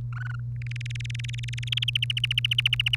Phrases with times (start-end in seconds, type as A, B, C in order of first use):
0.13-0.35 A, 0.62-1.84 B, 1.88-2.95 C